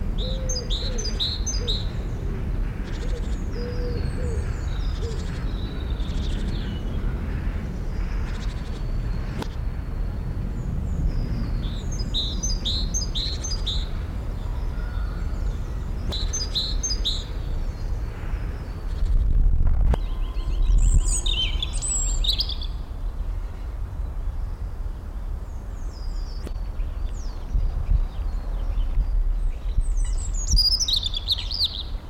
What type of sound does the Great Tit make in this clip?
call